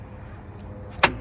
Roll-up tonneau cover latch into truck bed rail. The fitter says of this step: you can hear the latch once it locks up there